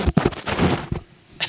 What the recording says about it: Now comes a sneeze. I sneezed my headset off. It's just my allergies are... going crazy.